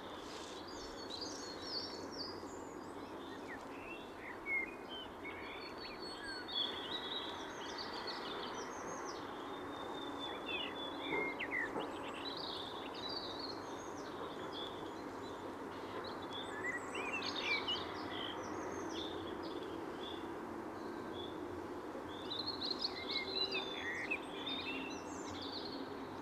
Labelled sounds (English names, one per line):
Common Blackbird song